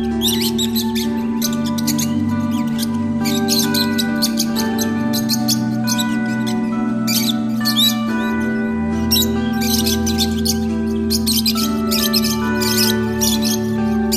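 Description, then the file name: Lovebird flock chattering almost nonstop, piercing squeaky chirps packed in dense bursts with brief pauses, a low continuous hum beneath. Lovebirds, used for audio therapy. "audio terapi lovebirds"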